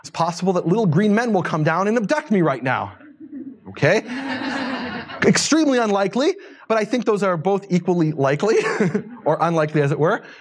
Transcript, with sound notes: It’s possible that little green men will come down and abduct me right now, okay? [laughter] Extremely unlikely, but I think those are both equally likely – or unlikely, as it were.